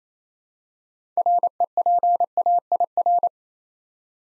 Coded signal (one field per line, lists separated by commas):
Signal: Morse code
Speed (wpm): 27 wpm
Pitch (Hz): 700 Hz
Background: none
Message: REPAIR